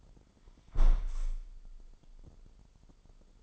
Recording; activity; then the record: daily activity, microphone in the room; close window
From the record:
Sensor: 5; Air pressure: 995.8 hPa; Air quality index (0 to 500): 104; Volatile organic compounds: 7 ppm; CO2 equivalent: 2017 ppm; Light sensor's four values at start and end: 40/97/39/41 and 40/97/39/41